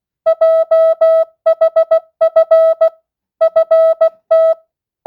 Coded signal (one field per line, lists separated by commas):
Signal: Morse code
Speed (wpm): 16 wpm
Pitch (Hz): 650 Hz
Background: music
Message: JHF FT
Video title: Receive Morse Code 10th Grade.